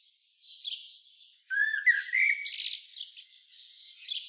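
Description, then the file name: Common blackbird singing: quiet high twitter, then a clear low whistled warble rising slightly, running into a buzzy, squeaky high flourish. "Turdus merula"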